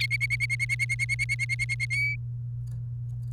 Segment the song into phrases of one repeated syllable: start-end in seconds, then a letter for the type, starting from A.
0.00-1.85 A, 1.90-2.15 B